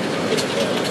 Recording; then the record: background sound without coughing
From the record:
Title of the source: Office Sounds Ambience - Background Noise for Study and Work